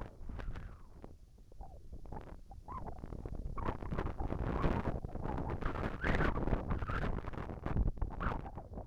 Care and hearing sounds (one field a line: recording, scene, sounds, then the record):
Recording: everyday scene through a hearing-aid microphone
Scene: wind on the microphone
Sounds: wind, whistling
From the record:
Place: in front of a rural house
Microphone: behind the ear, right, rear